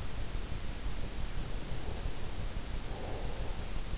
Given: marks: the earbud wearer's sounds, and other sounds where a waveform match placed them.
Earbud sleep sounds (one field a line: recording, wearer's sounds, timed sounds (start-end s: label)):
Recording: sounds in sleep by an in-ear microphone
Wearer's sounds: breath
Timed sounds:
0.61-3.98 s: breath